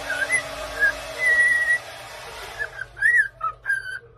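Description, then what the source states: Cockatiel whistling: a few soft whistles over a background hiss, then louder bent whistled notes near the end. Several cockatiels whistling, singing.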